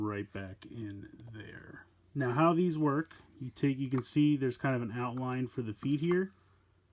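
A toy figure's magnetic foot connection is handled near its display base, with plastic parts carrying embedded magnets, while someone talks throughout. Nothing has seated or clicked yet; the clip ends before the part goes home.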